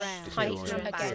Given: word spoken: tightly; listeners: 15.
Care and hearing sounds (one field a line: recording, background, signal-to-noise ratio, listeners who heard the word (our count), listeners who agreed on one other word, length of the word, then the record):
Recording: one English word in noise, from a listening test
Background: four-talker babble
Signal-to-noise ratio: -1.0 dB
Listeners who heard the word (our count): 0 of 15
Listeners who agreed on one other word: 6 of 15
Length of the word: 0.75 s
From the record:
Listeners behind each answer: 6, 2, 2, 1, 1, 1, 1, 1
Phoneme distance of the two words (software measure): 24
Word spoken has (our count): 2 syllables, 5 phonemes, stress on syllable 1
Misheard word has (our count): 1 syllable, 3 phonemes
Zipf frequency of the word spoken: 3.68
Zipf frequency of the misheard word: 4.46